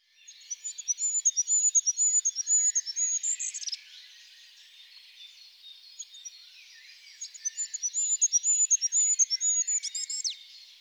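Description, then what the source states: Goldcrest song, very high thin notes repeated rapidly in a rhythmic series, each phrase ending in a quick flourish; two phrases separated by a pause. Stereo recording.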